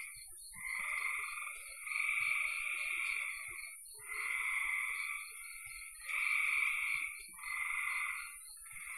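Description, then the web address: Frog chorus of buzzy trilled phrases, each lasting one to two seconds and rising and falling in loudness, with faint low clicks underneath. "cn frogs"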